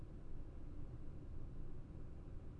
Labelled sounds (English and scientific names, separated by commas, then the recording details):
none
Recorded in Germany
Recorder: ecoPi